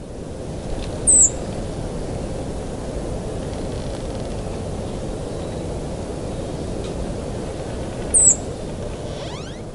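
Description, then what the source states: Pale thrush giving two thin, very high, falling tsee notes about seven seconds apart over a steady low rumble of background noise. Taiwan.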